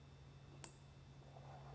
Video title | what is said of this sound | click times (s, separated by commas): Chris assembles a Rigid Industries Dually LED Spot Light | again connect this one for you and when you hear the little snap you'll know that it's in nice and tightly | 0.6 s